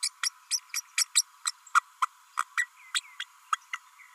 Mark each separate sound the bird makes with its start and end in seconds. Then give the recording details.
0.03-0.09, 0.23-0.30, 0.50-0.59, 0.73-0.81, 0.97-1.05, 1.15-1.23, 1.45-1.51, 1.74-1.81, 2.02-2.06, 2.57-2.67, 2.94-3.00, 3.19-3.24, 3.52-3.57, 3.73-3.78. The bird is a female. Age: 32 days. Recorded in a nest box in Venezuela. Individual 17B32A5